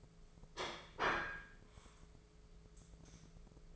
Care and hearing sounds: daily activity, microphone in the room; place plate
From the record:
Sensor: 5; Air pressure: 1015.2 hPa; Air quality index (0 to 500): 205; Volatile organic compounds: 10 ppm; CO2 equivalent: 2249 ppm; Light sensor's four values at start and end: 65/155/64/69 and 62/147/61/64

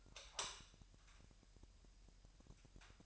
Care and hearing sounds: daily activity, microphone in the room; light on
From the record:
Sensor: 2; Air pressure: 1001.8 hPa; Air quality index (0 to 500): 243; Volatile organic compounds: 33 ppm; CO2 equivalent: 3014 ppm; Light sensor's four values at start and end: 4/10/4/4 and 9/26/10/10

